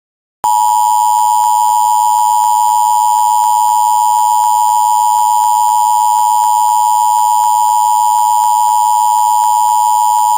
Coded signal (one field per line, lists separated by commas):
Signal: Emergency Alert System (SAME) tones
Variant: 853 and 960 Hz attention tone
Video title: EAS severe thunderstorm warning: indianapolis